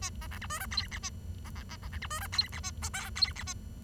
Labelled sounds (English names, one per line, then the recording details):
Bengalese Finch song
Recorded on 23 June 2012 at 09:20
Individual gr41rd51